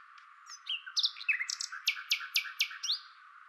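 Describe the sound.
Common nightingale phrase of whistles and clicks that builds into a steady series of loud, sharply dropping notes, about four per second.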